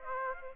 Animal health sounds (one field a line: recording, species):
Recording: mosquito wingbeat signal from an infrared sensor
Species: Aedes aegypti